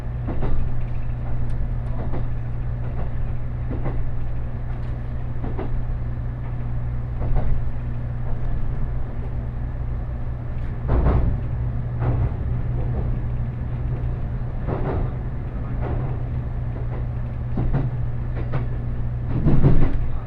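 A ride aboard the Huis Ten Bosch limited express train, with a steady low rumble and hum running throughout. Rail-joint clicks tap out every second or two, with heavier clunks around eleven seconds and again near the end.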